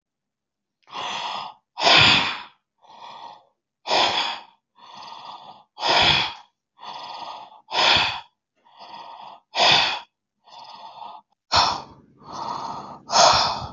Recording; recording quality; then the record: deep breathing; excellent, no background noise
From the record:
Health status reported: healthy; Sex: male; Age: 58 years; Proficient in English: yes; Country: India